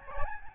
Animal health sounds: mosquito wingbeat signal from an infrared sensor; Aedes albopictus

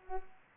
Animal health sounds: mosquito wingbeat signal from an infrared sensor; Culex pipiens

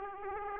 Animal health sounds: mosquito wingbeat signal from an infrared sensor; Aedes aegypti

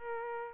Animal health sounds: mosquito wingbeat signal from an infrared sensor; Aedes albopictus

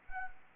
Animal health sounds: mosquito wingbeat signal from an infrared sensor; Anopheles arabiensis

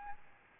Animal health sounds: mosquito wingbeat signal from an infrared sensor; Aedes albopictus

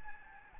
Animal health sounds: mosquito wingbeat signal from an infrared sensor; Aedes albopictus

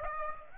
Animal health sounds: mosquito wingbeat signal from an infrared sensor; Aedes aegypti

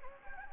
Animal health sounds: mosquito wingbeat signal from an infrared sensor; Anopheles gambiae

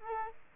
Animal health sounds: mosquito wingbeat signal from an infrared sensor; Aedes aegypti

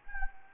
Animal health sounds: mosquito wingbeat signal from an infrared sensor; Anopheles gambiae

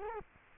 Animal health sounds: mosquito wingbeat signal from an infrared sensor; Culex quinquefasciatus

